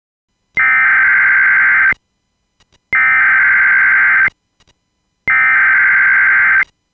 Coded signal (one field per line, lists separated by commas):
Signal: Emergency Alert System (SAME) tones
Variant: header bursts